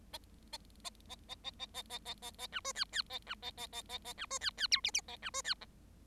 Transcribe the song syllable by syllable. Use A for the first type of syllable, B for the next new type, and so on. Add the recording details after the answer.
A A A A A A A A A A A B C D D A B A A A A A B C D D E F F A B C D G. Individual Bird7